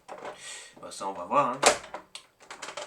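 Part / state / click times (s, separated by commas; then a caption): ammo chain into chain-fed toy blaster / seated / 2.2 s. Someone talks while fitting a plastic ammo chain into a Nerf-style chain-fed toy blaster, where the chain holds by friction. A sharp click at 2.2 s is followed by a few softer plastic clicks and rattles. The ammo chain clips in and is seated.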